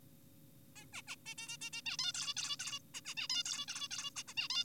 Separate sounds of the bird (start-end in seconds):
0.76-0.86, 0.93-1.02, 1.08-1.16, 1.26-1.34, 1.38-1.57, 1.62-1.70, 1.73-1.82, 1.86-1.97, 1.99-2.12, 2.14-2.34, 2.37-2.56, 2.60-2.79, 2.94-3.01, 3.06-3.14, 3.17-3.28, 3.30-3.43, 3.46-3.66, 3.68-3.88, 3.91-4.10, 4.16-4.24, 4.28-4.34, 4.37-4.48, 4.50-4.64